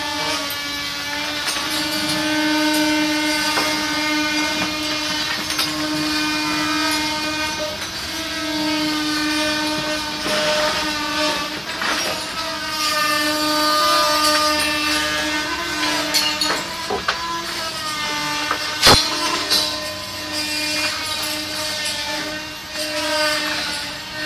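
Restoration work at a school building: a loud, steady grinding or cutting whine holds a fixed pitch throughout, with a high ringing edge. Short knocks and clicks come irregularly, with a sharp bang near nineteen seconds and low rumble beneath.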